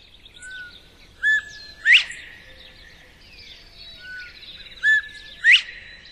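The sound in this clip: Northern bobwhite whistled call given twice: a short low note followed by a sharply rising, clear whistle.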